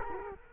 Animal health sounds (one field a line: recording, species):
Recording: mosquito wingbeat signal from an infrared sensor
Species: Culex quinquefasciatus